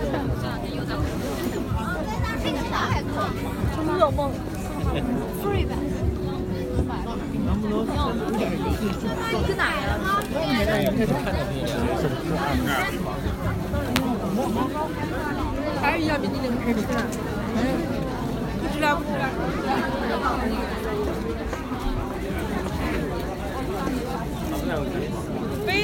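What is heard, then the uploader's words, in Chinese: Crowd voices fill Nanluoguxiang lane, a steady dense babble of overlapping talk with occasional louder calls and a faint hum of traffic beneath. 声音来自南锣鼓巷。南锣鼓巷是一条胡同，位于北京中轴线东侧的交道口地区。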